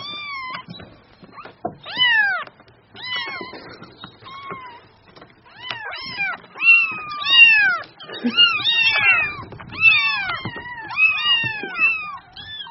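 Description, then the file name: Cat: kitten mewing, thin rising-and-falling cries repeated in busy clusters, several overlapping in the second half, with faint rustling underneath. Kitten mewing cutely (Vietnamese: tiếng mèo con kêu nũng nịu dễ thương). "Tieng meo con keu nung niu de thuong"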